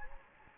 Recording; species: mosquito wingbeat signal from an infrared sensor; Anopheles gambiae